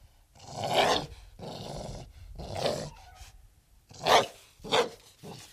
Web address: pit bull